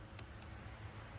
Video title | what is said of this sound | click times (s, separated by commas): Ducati Stock Turn Signals Suck! | it snaps right in so then you want to push | 0.2 s